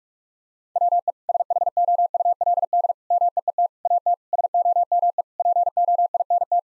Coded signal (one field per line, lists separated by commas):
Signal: Morse code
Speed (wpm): 46 wpm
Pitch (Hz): 700 Hz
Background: none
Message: WE SHOULD MEET AT SOME POINT